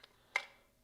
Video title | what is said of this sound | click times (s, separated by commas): Assembling my fuel pumps for my LS swapped WRX! (08-14 wrx radium dual hangar kit) | where's face down and then this should just click | 0.4 s